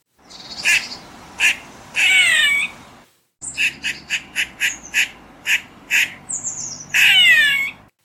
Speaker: This is what an eastern gray squirrel sounds like when it's a warning of danger.